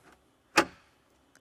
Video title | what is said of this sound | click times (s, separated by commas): etrailer - Curt SUV Pakka Seat Back Organizer Comprehensive Review | there you kind of hear it click into place | 0.6 s